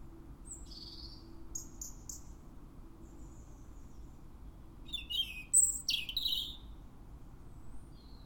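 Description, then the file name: European robin singing two separated bursts of high, thin twittering notes, with a pause between them and steady low background rumble. "Erithacus rubecula"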